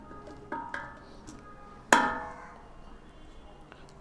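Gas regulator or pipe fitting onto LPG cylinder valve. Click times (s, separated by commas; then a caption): 1.9 s. A gas regulator or pipe fitting is pressed by hand onto an LPG cylinder valve, with music playing underneath. After a couple of softer knocks at 0.5 and 0.7 s, a loud, sharp hit at 1.9 s marks the fitting seating fully, pressed home up to its marked point.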